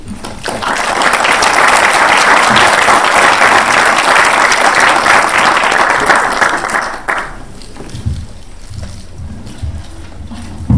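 Loud, sustained applause from a lecture audience welcoming Professor Johan Galtung, a dense wash of clapping that swells quickly and holds for about seven seconds before fading into scattered claps and murmuring.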